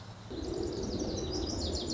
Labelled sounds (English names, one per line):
Lazuli Bunting